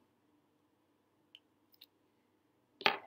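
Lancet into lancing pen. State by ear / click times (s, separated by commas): seated / 2.9 s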